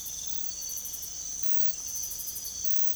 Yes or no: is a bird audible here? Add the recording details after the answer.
no. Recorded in secondary vegetation near Puerto Asís, Putumayo, Colombia, on 16 December 2024 at 04:30. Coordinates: 0.468, -76.324. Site G095